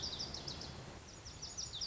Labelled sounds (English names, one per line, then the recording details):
Lazuli Bunting
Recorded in Sonoma County, California